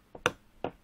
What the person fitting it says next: Bạn phải nhấn nó vừa đủ để nghe thấy tiếng click.